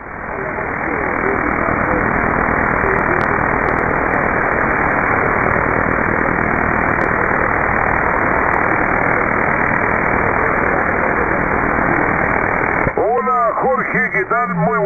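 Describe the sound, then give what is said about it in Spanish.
Steady, loud hiss of radio static fills the whole stretch, with a weak low-power (QRP) amateur radio voice transmission from Cerro Navia, Chile, buried in the noise and briefly surfacing near the end. “Bajito, pero te rescaté sin problema.”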